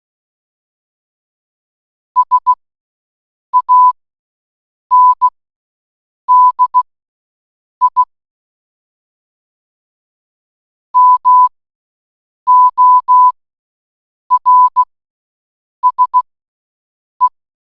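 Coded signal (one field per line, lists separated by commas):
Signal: Morse code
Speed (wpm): 16 wpm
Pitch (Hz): 1000 Hz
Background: none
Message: SANDI MORSE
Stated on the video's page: Morse code lesson for scouts.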